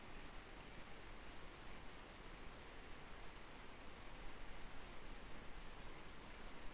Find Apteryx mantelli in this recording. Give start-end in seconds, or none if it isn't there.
none